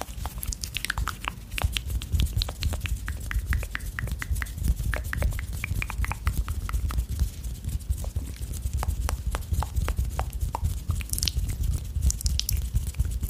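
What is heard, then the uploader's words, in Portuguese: Wet mouth sounds and hand sounds fill the whole stretch: quick clicks, smacks and taps come in a dense, irregular stream, several per second. A soft low rumble sits underneath, and a few brighter, crisper snaps stand out near the end. Um ASMR focando em sons de boca e sons de mãos para promover relaxamento intenso e arrepios.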